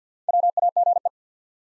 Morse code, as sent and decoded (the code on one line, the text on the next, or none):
.-- .- --. .
WAGE